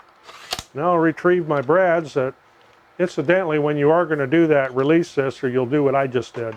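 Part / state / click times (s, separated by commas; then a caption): jam-release latch on the nose of a brad nailer / seated / 0.5 s, 0.6 s. The jam-release latch on the nose of a DeWALT DCN680D1 cordless brad nailer is closed after the nose was opened for clearing a jam, and it snaps back into place with two sharp clicks at 0.5 s and 0.6 s. After that, someone talks for the rest of the clip.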